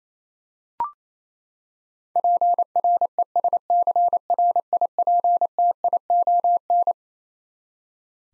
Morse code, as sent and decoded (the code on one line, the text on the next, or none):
.--. .-. . ... -.-. .-. .. .--. - .. --- -.
PRESCRIPTION